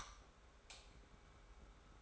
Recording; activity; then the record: daily activity, microphone in the room; light off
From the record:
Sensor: 3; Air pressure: 991.0 hPa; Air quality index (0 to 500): 113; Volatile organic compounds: 64 ppm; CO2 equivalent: 3463 ppm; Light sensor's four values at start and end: 38/94/38/35 and 36/85/34/32